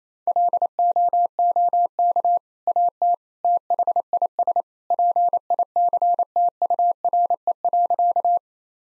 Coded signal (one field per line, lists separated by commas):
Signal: Morse code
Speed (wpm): 28 wpm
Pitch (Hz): 700 Hz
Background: none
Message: LOOK AT THIS PICTURE.